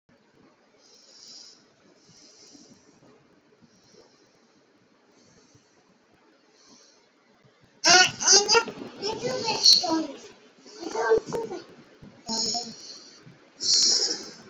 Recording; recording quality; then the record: deep breathing; moderate, slight background noise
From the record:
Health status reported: healthy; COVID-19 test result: not tested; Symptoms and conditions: none ticked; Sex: male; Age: 32 years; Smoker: not ticked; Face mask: not worn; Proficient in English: yes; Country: India